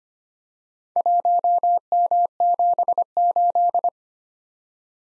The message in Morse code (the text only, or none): 1M78